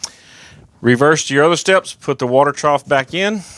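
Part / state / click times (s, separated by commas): water pump into its mount in an ice machine / seated / 0.0 s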